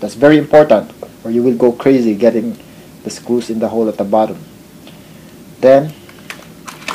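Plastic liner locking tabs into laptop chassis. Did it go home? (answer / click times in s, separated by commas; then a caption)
yes / 6.3 s, 6.9 s. A plastic panel, likely the mousepad board or keyboard liner, is pressed along its edges while reassembling a Lenovo T61 laptop so its locking tabs snap into the chassis. Someone talks through the first part, then sharp clicks are heard at 6.3 s and 6.9 s. The tabs have clicked in and the panel is seated.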